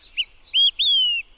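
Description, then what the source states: Olive-sided Flycatcher three-note song: a short note, a rising whistled note, then a drawn-out descending whistle, clear against a quiet background. The telltale 'quick three beers' song.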